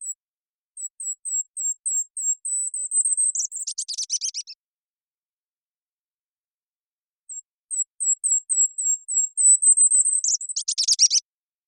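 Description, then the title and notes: Golden-crowned kinglet singing twice: each song a string of high, thin notes that accelerates, then bursts into a lower tumbling chatter, separated by a few seconds of silence. Recorded on Olympic Peninsula, North America, where resident, in June 2021; boreal forest species; sounds like a tiny creature maniacally laughing; clean-processed with all background sound and noise removed. "I happened to record this little fellow on the Olympic Peninsula"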